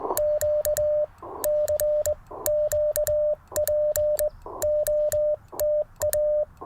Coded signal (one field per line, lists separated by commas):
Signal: Morse code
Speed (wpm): 20 wpm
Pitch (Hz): 590 Hz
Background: none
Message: Q CQ POTA